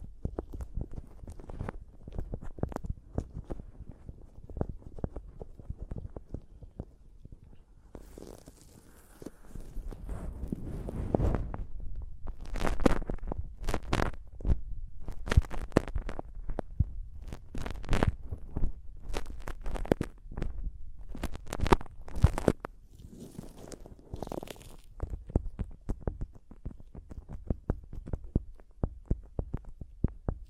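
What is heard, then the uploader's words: Mic tapping and scratching: a steady stream of dull knocks and rubbing handling sounds, heavy in the low end. The first eight seconds are softer and sparser; after that the taps grow louder and brighter, with dense bursts of scratching around 9–12 and 20–25 seconds. ASMR Mic Tapping and Scratching (No Talking).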